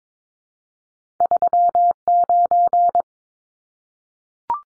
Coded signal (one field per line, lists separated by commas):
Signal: Morse code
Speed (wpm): 22 wpm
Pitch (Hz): 700 Hz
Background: none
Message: 39